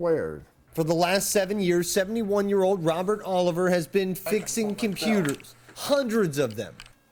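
A legally blind repairer is fitting an internal component, possibly a drive, into a desktop computer by feel. Throughout the clip someone talks, and there is a faint brief sound at 7.2 s. Nothing has seated or clicked into place yet.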